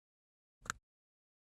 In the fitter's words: You should hear it click into place.